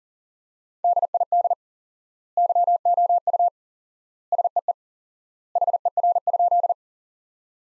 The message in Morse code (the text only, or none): DID YOU SEE HER?